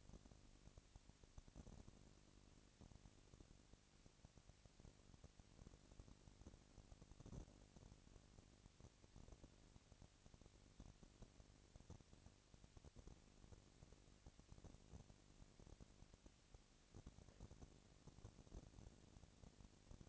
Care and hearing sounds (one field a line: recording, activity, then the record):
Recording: daily activity, microphone in the room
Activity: no activity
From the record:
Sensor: 4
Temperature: 22.5 degrees Celsius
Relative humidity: 33.4%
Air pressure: 999.7 hPa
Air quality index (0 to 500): 230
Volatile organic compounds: 20 ppm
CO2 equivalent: 2703 ppm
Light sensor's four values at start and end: 2/3/1/1 and 2/3/1/1